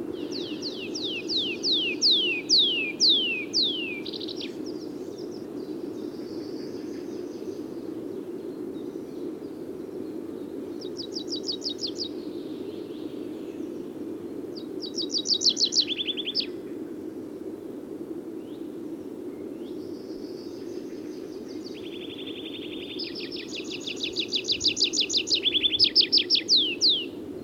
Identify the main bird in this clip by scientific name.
Anthus trivialis